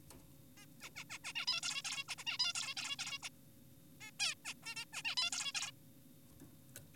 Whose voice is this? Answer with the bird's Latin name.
Taeniopygia guttata